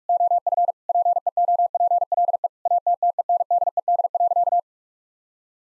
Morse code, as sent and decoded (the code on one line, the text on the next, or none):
--- ..-. / .--. . --- .--. .-.. . / .- - - . -. -.. . -.. .-.-.-
OF PEOPLE ATTENDED.